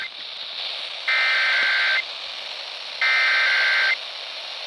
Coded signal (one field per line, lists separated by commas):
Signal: Emergency Alert System (SAME) tones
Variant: header bursts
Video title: HELLO NEW STATION... Required Weekly Test on 101.5 KFGM-FM Frenchtown, MT (1/28/24) (EAS #3,521)